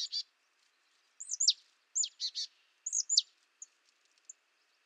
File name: Poecile palustris